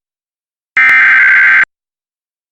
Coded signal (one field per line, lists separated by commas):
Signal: Emergency Alert System (SAME) tones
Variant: header bursts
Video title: Child Abduction Emergency Wake County, NC (My County!) Cisco Spectrum TV EAS Alert